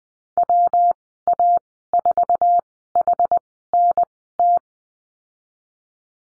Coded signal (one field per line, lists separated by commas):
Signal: Morse code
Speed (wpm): 20 wpm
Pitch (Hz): 700 Hz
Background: none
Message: WA4HNT